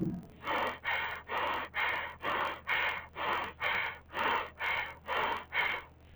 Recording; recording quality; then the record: shallow breathing; excellent, no background noise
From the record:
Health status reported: healthy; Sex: male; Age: 18 years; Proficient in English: yes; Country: India